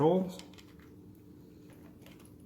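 A plastic steering wheel control switch is handled at its mount in the steering wheel of a 2012–2014 Dodge Charger during a paddle shifter install. Someone talks briefly at the start, followed by quiet handling with faint taps near 2.1 and 2.3 seconds. Nothing has seated or clicked yet.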